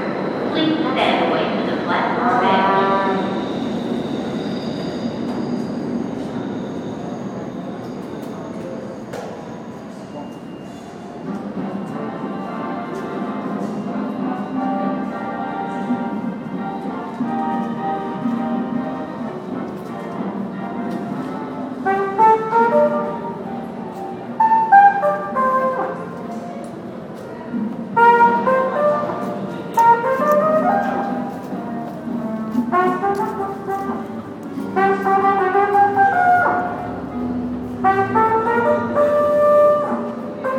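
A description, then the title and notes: A busker plays in a subway station, a sustained, wavering melodic line carried over a constant low rumble. The first ten seconds are thick with station noise and a high whine. After about twenty seconds the playing turns livelier, with short rising phrases and bright accented notes. Busker at Graham Ave stop by Bougie.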